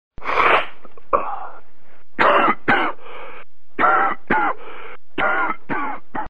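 About ten coughs come in four quick runs over six seconds in an adult. Each run is a sharp burst trailing into a rattling, gurgling tail. The wet, loose quality is a cough with congestion, with mucus in the airways.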